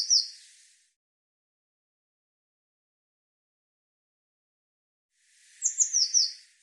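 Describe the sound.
Eurasian blue tit call: a short high descending trill of several thin notes at the start, then silence, then a similar descending series near the end.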